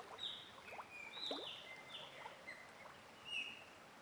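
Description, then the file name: Bird singing clear whistled notes at two pitch levels, flat and slightly falling, over a continuous background of running water. Singing in a forest near a stream. "Passaro cantando na floresta riacho perto"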